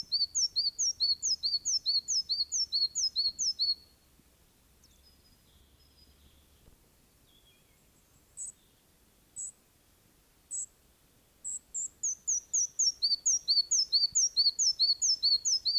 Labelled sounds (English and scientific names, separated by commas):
Red-breasted Flycatcher (Ficedula parva) song